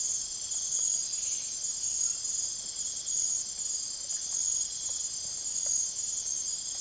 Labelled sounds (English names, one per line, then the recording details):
none
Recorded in secondary vegetation near Puerto Asís, Putumayo, Colombia, on 25 June 2025 at 03:30
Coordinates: 0.489, -76.322
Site G021